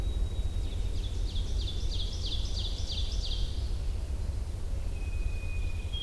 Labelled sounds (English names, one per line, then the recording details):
Ovenbird song
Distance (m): 60 m
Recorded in boreal forest in Alberta, Canada, on 21 June 2016 at 07:23
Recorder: SongMeter 3, array SBT-6-81
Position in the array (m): 155 m, 248 m
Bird 25